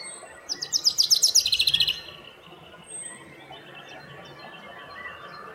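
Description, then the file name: Common chaffinch singing one short, rapid trill of repeated high notes descending over about a second and a half, then quiet with faint background sounds. "Fringilla coelebs"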